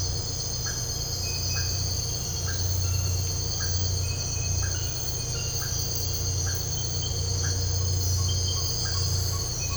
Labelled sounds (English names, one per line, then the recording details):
none
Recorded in dense forest near Puerto Asís, Putumayo, Colombia, on 13 March 2025 at 03:00
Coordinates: 0.468, -76.322
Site GP01